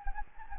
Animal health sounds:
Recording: mosquito wingbeat signal from an infrared sensor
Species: Anopheles gambiae

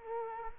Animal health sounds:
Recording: mosquito wingbeat signal from an infrared sensor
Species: Culex quinquefasciatus

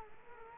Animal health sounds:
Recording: mosquito wingbeat signal from an infrared sensor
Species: Culex quinquefasciatus

